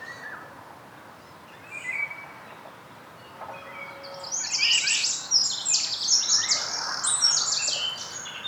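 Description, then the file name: Eurasian wren song: after about four seconds of near quiet with a faint lower whistle, a rapid, high, tumbling stream of sharp trilled notes runs to the end. "Troglodytes troglodytes"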